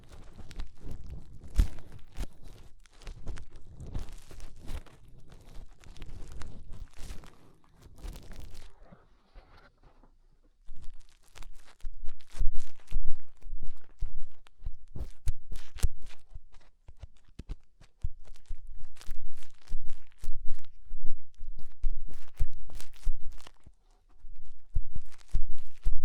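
Fingers rub and press inside the ear, making dense crackling, crunching and muffled rustling with low thumps. The first nine seconds are steady scratchy friction; after a near-silent pause around ten seconds, sharper bursts of crackle come in uneven clusters until the end.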